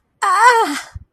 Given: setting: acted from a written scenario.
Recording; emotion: vocal sound without words; pain